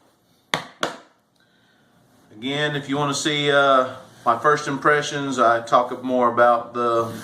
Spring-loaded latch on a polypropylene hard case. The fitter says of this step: come loose you just pull on this little part right there and it pops loose real easy again